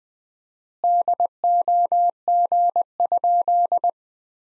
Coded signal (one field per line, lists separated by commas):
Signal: Morse code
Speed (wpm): 21 wpm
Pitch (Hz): 700 Hz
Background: none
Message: DOG?